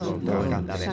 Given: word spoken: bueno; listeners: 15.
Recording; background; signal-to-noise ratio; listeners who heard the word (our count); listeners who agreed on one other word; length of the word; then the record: one Spanish word in noise, from a listening test; eight-talker babble; -3.5 dB; 0 of 15; 6 of 15; 0.53 s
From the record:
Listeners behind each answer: 6, 1, 1, 1, 1, 1, 1, 1, 1, 1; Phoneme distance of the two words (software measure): 48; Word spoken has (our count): 2 syllables, 5 phonemes, stress on syllable 1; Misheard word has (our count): 2 syllables, 7 phonemes, stress on syllable 2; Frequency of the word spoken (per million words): 178.65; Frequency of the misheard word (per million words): 165.30